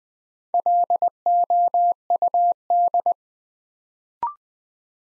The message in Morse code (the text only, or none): LOUD